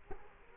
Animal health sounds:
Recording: mosquito wingbeat signal from an infrared sensor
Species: Culex quinquefasciatus

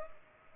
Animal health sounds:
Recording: mosquito wingbeat signal from an infrared sensor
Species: Culex pipiens

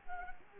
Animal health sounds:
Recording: mosquito wingbeat signal from an infrared sensor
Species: Culex quinquefasciatus

